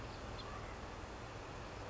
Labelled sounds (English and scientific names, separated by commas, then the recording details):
House Finch (Haemorhous mexicanus)
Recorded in Sonoma County, California